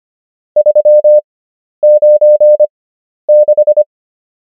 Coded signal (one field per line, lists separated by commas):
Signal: Morse code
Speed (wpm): 25 wpm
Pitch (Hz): 600 Hz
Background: none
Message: 396